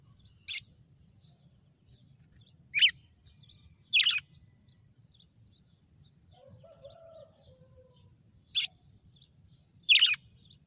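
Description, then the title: Red-cowled cardinal singing five crisp, high slurred notes at irregular intervals, with a soft lower warble midway and steady low hum beneath. Female red-cowled cardinal; title names a bird Fenrir and says it gave 'açoite' that day. "Canto Galo Campina Fêmea 06. GALO DE CAMPINA FENRIR - HJ FOI AÇOITE VIU??"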